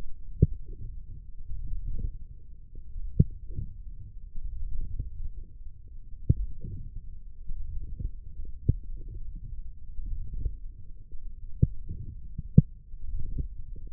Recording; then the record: forearm muscle sounds (acoustic myography)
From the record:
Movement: forearm pronation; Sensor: system 1, eight BSWA MPA416 microphones around the upper forearm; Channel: 1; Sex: male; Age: 20 years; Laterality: left